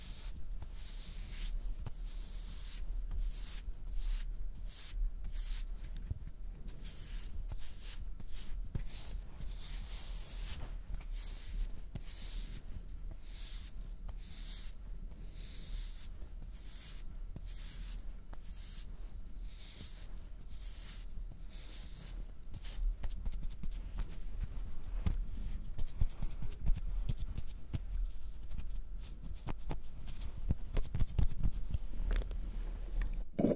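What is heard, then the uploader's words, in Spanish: Mouth sounds with some hand noises and honey: soft wet clicks and sticky smacks over a constant low rumble. Bright hissing bursts come in frequent, irregular bunches through the first twenty seconds, then thin out while faint taps and rubbing grow slightly louder. Sonidos de boca y algunos de manos y miel.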